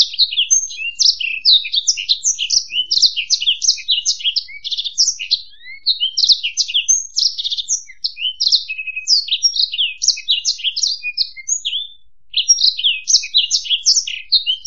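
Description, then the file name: Black-throated canary song: a long, fast, unbroken stream of high twittering and warbled notes, with varied chirps and short trills tumbling together, no other sounds. "suara burung blackthroat"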